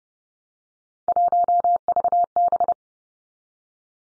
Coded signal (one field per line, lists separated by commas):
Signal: Morse code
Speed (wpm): 30 wpm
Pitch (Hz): 700 Hz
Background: none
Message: 1VB